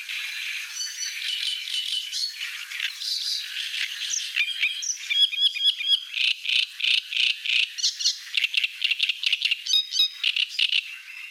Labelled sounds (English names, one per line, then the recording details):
Great Reed Warbler song
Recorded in the wild
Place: Nagyivan / Hortobagy, HU
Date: 1988-05-06
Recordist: Schwarz, Dieter